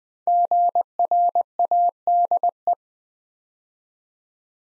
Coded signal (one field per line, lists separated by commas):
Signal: Morse code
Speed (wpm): 20 wpm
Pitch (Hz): 700 Hz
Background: none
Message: GRADE